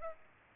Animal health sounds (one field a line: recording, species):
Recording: mosquito wingbeat signal from an infrared sensor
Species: Culex pipiens